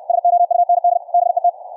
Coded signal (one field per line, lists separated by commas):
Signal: Morse code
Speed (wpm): 64 wpm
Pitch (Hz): 700 Hz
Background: none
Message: SOUND BET